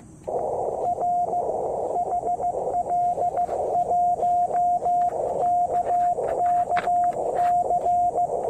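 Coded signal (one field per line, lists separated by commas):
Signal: Morse code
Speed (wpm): 15 wpm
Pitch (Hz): 720 Hz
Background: radio noise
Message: R HL1KKC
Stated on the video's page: Test of a QRPGUY V2 keyer with a 2m Twin-DL antenna.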